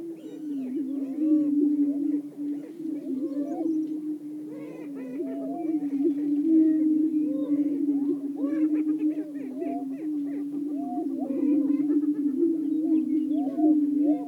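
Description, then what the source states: Greater prairie-chicken: low, humming booms from greater prairie-chickens run throughout, overlaid by repeated rising hoots and short chattering cackles. Several greater prairie-chickens calling.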